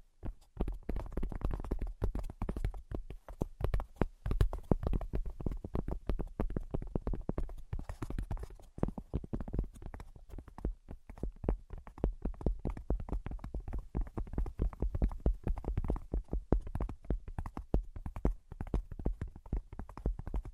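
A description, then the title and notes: Fast, dense tapping runs through the whole recording, sharp knocks with a full, thudding low end and a clicky edge. The taps come in irregular bursts with barely a pause, easing slightly around ten seconds before picking back up to the end. Brain Penetrating 3D Tapping.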